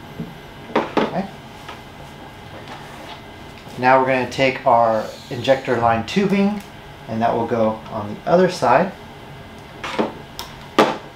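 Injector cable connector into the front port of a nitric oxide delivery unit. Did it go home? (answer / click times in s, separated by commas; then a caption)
yes / 0.8 s, 1.0 s. An injector cable connector, lined up red dot to red dot, is pushed into the front port of a nitric oxide delivery machine and clicks into place at 0.8 s and 1.0 s, gently rather than forced, to protect the sensitive prongs inside. Someone then talks, and another short sharp sound follows near 10.4 s.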